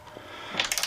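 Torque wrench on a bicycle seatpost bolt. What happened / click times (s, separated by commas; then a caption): Torque wrench clicks at setting / 0.6 s, 0.7 s, 0.8 s. A torque wrench set to 6 Nm tightens a bicycle seatpost bolt on a carbon frame. After low, steady tightening noise, sharp clicks sound at 0.6, 0.7, 0.8 and 0.8 seconds. The wrench clicks at its 6 Nm setting and the bolt turns no further.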